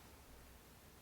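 A small plastic dock connector cap from a SwitchEasy Pelle Folio case is lined up with the bottom dock port of a new iPad 3 and handled as it is pressed on. Only a steady, hiss-like broadband noise with faint rustling is heard, with no distinct sudden sounds. The cap has not seated or clicked yet.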